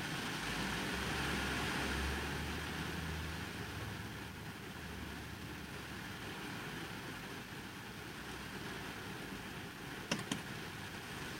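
Heavy rain drums on a car while sitting inside the empty vehicle, a dense, steady hiss with a low rumble underneath. The rumble is strongest in the first few seconds, then eases. Around ten seconds, two quick sharp clicks cut through.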